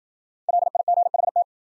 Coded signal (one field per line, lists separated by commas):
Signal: Morse code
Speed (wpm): 53 wpm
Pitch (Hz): 700 Hz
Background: none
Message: LIGHT